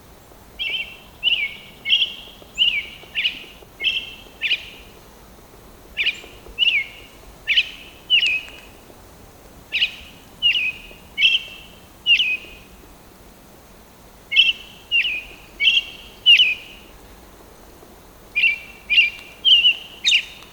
American Robin song recorded on the Hollowell Park Trail in Rocky Mountain National Park.